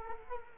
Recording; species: mosquito wingbeat signal from an infrared sensor; Culex quinquefasciatus